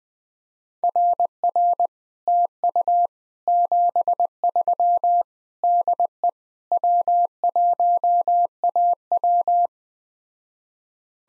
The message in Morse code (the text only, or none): RR TU 73 DE W1AW